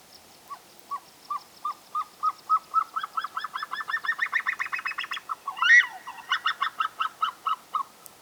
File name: Himalayan Snowcock Tetraogallus himalayensis